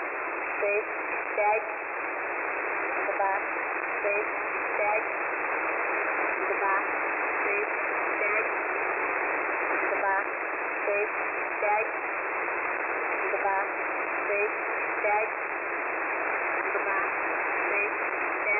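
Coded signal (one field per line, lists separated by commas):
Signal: numbers station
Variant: S06s, Russian female voice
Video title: [S06s "Russian lady 00000"] 13.October 2020 11:00 UTC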